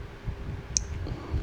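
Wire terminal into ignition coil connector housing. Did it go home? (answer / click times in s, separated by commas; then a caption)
yes / 0.8 s. A wire terminal is pushed into a Toyota Camry's plastic ignition coil connector housing while the connector is replaced for a misfire. A single short, sharp click at 0.8 s rises over a low background rumble, and the terminal is seated in the housing.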